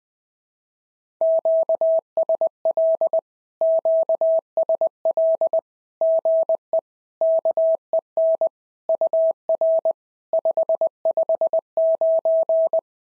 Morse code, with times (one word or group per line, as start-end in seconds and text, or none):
1.2-3.2 QSL
3.6-5.6 QSL
6.0-6.8 GE
7.2-8.5 KEN
8.9-9.9 UR
10.3-12.8 559